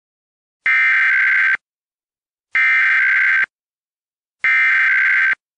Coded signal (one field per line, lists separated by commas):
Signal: Emergency Alert System (SAME) tones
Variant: header bursts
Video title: EAS #26: 99.9 WEZN FM EAS Connecticut Required Monthly Test 11-1-2018